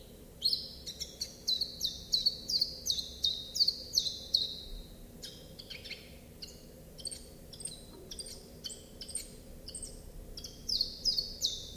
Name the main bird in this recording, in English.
Common Chiffchaff